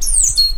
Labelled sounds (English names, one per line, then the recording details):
Stitchbird song
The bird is a male
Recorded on Tiritiri Matangi Island, New Zealand, in 2005
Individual 2, of nest box 2